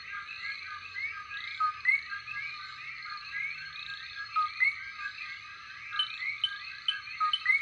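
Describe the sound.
Common coqui frogs in a dense night chorus, several two-note calls, a low note then a rising higher chirp, standing out above the continuous background.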